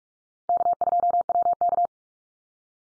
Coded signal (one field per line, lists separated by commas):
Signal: Morse code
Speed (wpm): 44 wpm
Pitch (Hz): 700 Hz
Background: none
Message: K2WK